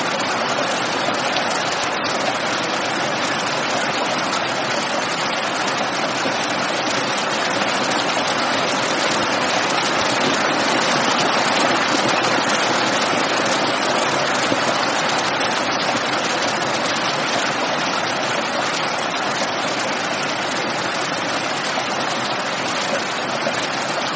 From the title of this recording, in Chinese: 雷雨声 密集细雨